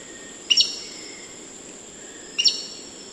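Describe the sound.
Black-necked aracari calling twice with quick, sharp, metallic notes, separated by nearly two seconds, over a continuous high-pitched hum.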